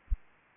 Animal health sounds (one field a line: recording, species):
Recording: mosquito wingbeat signal from an infrared sensor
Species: Aedes aegypti